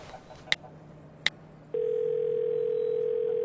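A telephone dialing tone: two short, sharp button beeps, then a steady, unbroken mid-pitched hum that holds evenly to the end with no voices.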